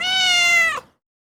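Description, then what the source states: Cat meowing once in a long, steady tone that holds for most of a second, then dips and drops away at the end; no other sounds. Sound-effect recording.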